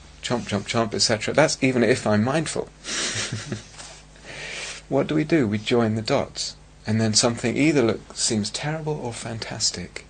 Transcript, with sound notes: Chomp, chomp, chomp, etc. That's even if I'm mindful. [laughs] What do we do? We join the dots, and then something either seems terrible or fantastic.